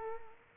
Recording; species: mosquito wingbeat signal from an infrared sensor; Culex quinquefasciatus